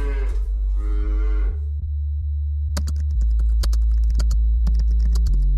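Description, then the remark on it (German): A cow that is calving gives one long, drawn-out moo, then a low steady hum remains while rapid, irregular clicking like keyboard typing starts up. No one speaks. “So, die Kuh kalbt, ich muss auflegen.”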